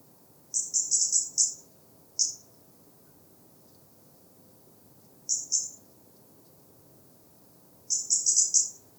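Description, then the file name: European robin calls: clusters of high, thin ticking notes, two long runs of about five, a single note and a pair, separated by pauses. "Erithacus rubecula"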